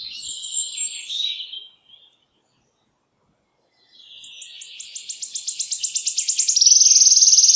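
Wood warbler song: after a trill and a pause, ticking notes begin slowly, accelerate, and run into a loud, rapid, metallic trill.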